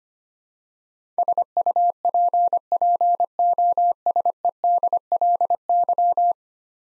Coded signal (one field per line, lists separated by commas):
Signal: Morse code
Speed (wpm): 25 wpm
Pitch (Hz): 700 Hz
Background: none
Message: SUPPOSEDLY